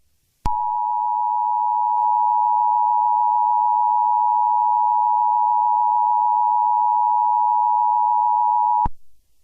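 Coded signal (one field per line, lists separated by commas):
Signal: Emergency Alert System (SAME) tones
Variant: 853 and 960 Hz attention tone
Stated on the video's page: Mock alert; warning that playing it over radio will activate the real EAS.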